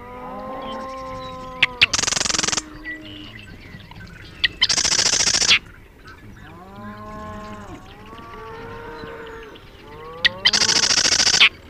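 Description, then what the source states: Marsh wren song: loud, harsh buzzy rattles bursting out three times, at uneven intervals of about three and six seconds, with low drawn-out cattle moos in between. Recorded 2 June 2001, with cattle in the same recording.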